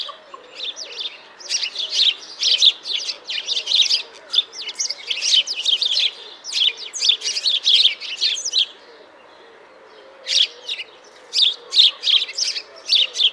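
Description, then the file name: House sparrow chattering in dense, rapid chirps for about eight seconds, a short pause, then spaced chirps resuming. "Passer domesticus"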